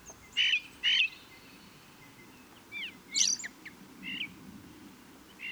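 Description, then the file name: Ring ouzel with two loud, rough high notes, then thin rising and falling whistles and a few scattered chirps over soft low background noise. Recorded on the Wank near Garmisch, 26 April 2014. "Ringdrossel. Wank. Michle Pron"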